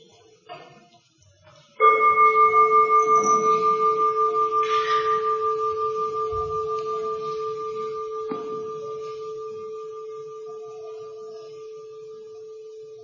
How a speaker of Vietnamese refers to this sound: mỗi lần nghe tiếng chuông tâm mình nó tỉnh lại, rồi cũng chưa chắc là nghe tỉnh ba tiếng thôi, chứ tiếng thứ tư là bắt đầu cự lại